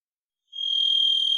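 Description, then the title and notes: Varied thrush song note: a steady, vibrant buzzy whistle that begins after a short silence and is still sounding when it cuts off. Song, Pacific Northwest, Washington, United States; parabolic single-species recording, processed for clarity with natural pace and rhythm maintained. "Varied Thrush, clean. Varied Thrush, Ixoreus naevius, song, parabolic single-species recording, processed for clarity, natural pace and rhthym maintained Recorded in the beautiful Pacific Northwest, Washington, United States"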